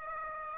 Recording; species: mosquito wingbeat signal from an infrared sensor; Aedes aegypti